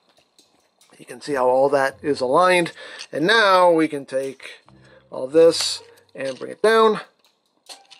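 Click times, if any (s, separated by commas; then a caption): 7.9 s. Someone talks while transforming a Cyberverse Deluxe Prowl figure, bringing the plastic hood/back section down into its slot on the toy. A short snap is heard at 7.9 s as the panel seats into place.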